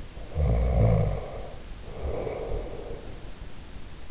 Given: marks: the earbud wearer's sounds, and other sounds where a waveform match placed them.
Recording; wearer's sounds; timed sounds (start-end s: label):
sounds in sleep by an in-ear microphone; snoring breath
0.26-3.41 s: snoring breath